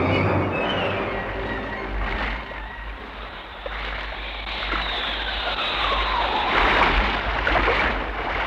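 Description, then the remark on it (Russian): Storm waves crash and splash against the ship Aegna at sea in a continuous, loud, churning rush of water, swelling in a few heavier surges with no pauses. “Но внутренним капитанским чутьем он знает, что шторм неуклонно несет «Аэгну» к берегу.”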